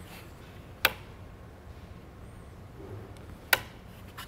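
The spring latch under the steel cylinder of an antique Miller pill-lock revolving rifle is pushed forward, and the cylinder is turned by hand until the latch snaps into the next chamber. This is done twice, giving two sharp metallic clicks at 0.8 s and 3.5 s against a quiet background. Both times the latch locks the cylinder into place.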